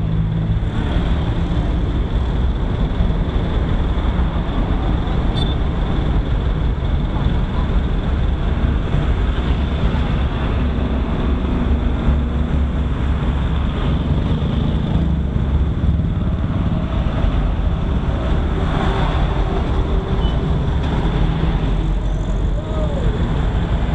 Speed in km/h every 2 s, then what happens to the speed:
2, 2, 1, 0, 1, 2, 0, 2, 0, 1, 0, 1.
0-24 standing.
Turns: none.